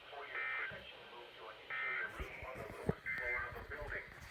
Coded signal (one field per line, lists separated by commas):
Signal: Emergency Alert System (SAME) tones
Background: speech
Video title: I dont know what I should put the title to (5/3/22) (EAS #143-147)